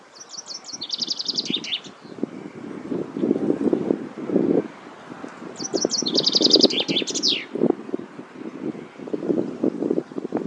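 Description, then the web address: Common chaffinch giving two songs about five seconds apart, each a quick descending series of sharp notes ending in a brief flourish, with wind-like rustling underneath. "Deverinetal 2025"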